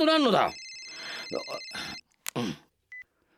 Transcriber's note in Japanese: ケータイ音 取って